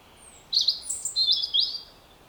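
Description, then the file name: European robin song: a faint high thin note, a burst of high twittering, then a high squeaky whistle and two tangled bursts of rapid, high-pitched twittering, over quiet background hiss. "Erithacus rubecula"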